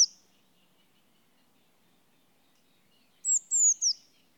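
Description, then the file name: Eurasian blue tit calls: one high note at the start, then after silence three thin, high, downslurred notes in quick succession. "Cyanistes caeruleus"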